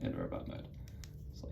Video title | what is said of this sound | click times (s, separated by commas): APC Toys Night Countess (TFP Airachnid) Review | joint and the shoulder for this piece it does actually sort of Click into place in robot mode | 1.0 s